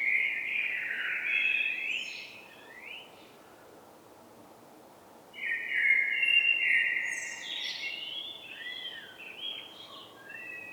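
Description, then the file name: Common blackbird song: two fluted, warbling phrases separated by a pause of about two seconds, with squeaky higher twitters, over faint background hiss. "Turdus merula"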